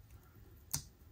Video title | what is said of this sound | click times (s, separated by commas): Athearn Blue Box Dash 9 DCC Upgrade - Full Walk Through | and you can push that over till it clicks home | 0.7 s